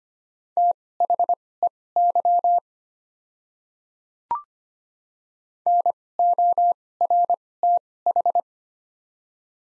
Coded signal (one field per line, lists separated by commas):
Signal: Morse code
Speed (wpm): 25 wpm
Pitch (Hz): 700 Hz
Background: none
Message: THEY NORTH